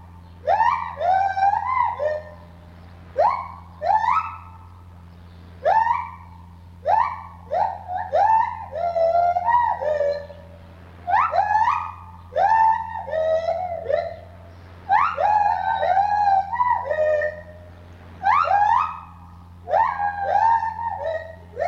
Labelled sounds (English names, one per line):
Lar Gibbon